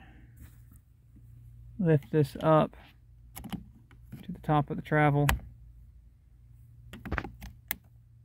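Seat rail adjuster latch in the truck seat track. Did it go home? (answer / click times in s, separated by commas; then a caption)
yes / 7.7 s. Someone talks while working a rusted, seized seat rail adjuster in the seat track of a 2001 Ford F-250 truck up to the top of its travel, with faint scraping and clicking in between. At 7.7 s the adjuster latch engages with a sharp metallic click, and the latch is seated in position.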